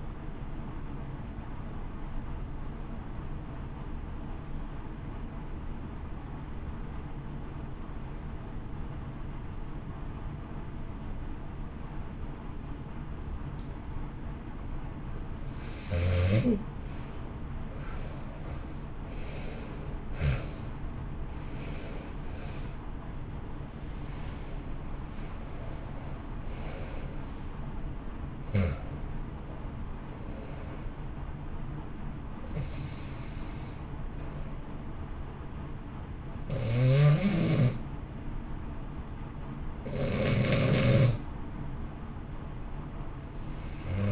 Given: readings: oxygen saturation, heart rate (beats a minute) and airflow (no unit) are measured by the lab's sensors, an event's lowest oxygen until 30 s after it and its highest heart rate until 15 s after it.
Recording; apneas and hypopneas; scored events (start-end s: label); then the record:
breathing in sleep by a smartphone at the bedside; 1
6.00-20.90 s: hypopnea (N2, oxygen 91% highest, then 78% lowest, heart rate 59 at the start, 72 highest)
28.00-44.12 s: new sleep stage, N1 (lightest sleep)
From the record:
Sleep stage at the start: N2 (light sleep); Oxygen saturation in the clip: 78 to 91%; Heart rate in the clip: 58 to 72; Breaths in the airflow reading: 18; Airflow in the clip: -1.8 to 3.0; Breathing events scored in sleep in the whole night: 328 in 6.3 hours asleep